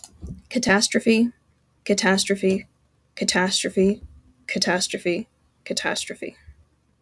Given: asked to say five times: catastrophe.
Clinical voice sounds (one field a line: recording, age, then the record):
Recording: repeated word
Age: 20 to 29 years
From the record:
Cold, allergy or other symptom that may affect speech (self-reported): no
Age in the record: 22 years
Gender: other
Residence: New York, United States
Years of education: 16